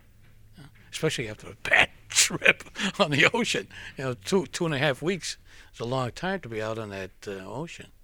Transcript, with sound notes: Especially after a bad trip on the ocean. (he laughs) You know, two, two and half weeks. It's a long to be out on that ocean,